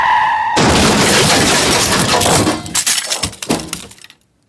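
A brief steady tone cuts off into a loud car crash as a car overtaking on a bend hits an oncoming car: a roaring burst of impact noise, then shattering glass and scattered debris clattering in uneven bursts before fading to silence.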